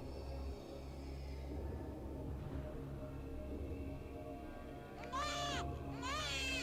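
An infant's eerie, wavering wail rises in two strained bursts near the end, late at night, riding over a low, steady droning hum that fills the whole stretch.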